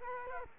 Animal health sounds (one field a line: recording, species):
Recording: mosquito wingbeat signal from an infrared sensor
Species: Culex quinquefasciatus